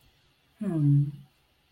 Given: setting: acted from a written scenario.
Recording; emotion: vocal sound without words; sympathy